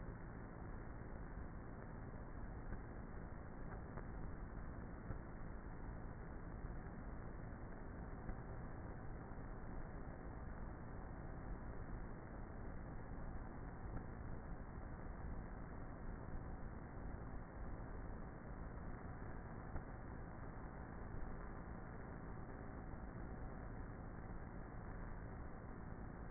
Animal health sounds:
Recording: honeybee colony, microphone inside the hive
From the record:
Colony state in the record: queenless with a low population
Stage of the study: before two queens were removed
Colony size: about 30,000 bees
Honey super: no

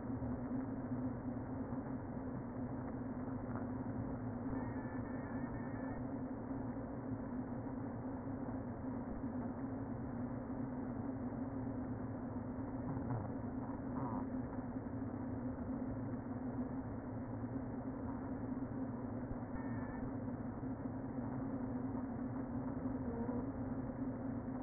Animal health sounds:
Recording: honeybee colony, microphone inside the hive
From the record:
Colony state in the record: queen present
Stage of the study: before two queens were removed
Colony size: about 60,000 bees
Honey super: yes

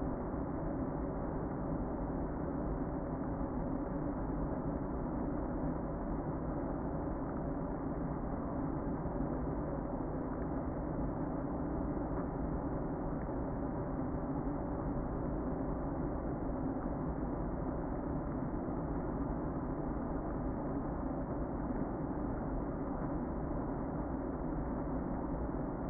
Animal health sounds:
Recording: honeybee colony, microphone inside the hive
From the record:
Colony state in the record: queen present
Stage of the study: before two queens were removed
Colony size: about 60,000 bees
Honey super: yes

